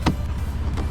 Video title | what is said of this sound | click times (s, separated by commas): BMW M3/M4 P3 Gauge Install – Hidden Features! | snapped right into place fence work | 0.1 s